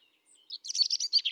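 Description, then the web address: European robin song: a short fragment, a thin whistle and then a quick run of bright, buzzy high notes. "SETE data Erithacus rubecula"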